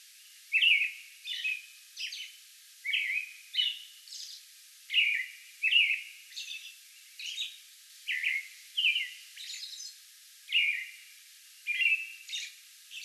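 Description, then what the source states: American robin song: continuous caroling of clear whistled phrases alternating with thin high squeaks, over light background hiss. Song bout on May 11.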